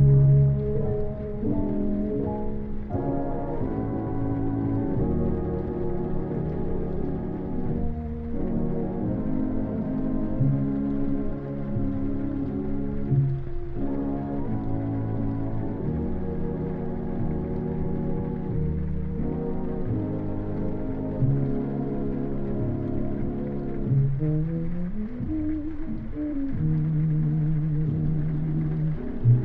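Oldies music plays in another room, sounding muffled and dull with the treble missing. Sustained chords and a steady bass shift every few seconds at an even loudness, and a low sliding phrase appears near the 25-second mark.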